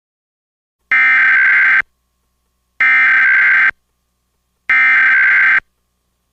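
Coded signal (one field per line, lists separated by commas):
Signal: Emergency Alert System (SAME) tones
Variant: header bursts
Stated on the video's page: Required Weekly Test issued twice by the Corpus Christi weather office on weather radio station WXK26, received on home weather radios.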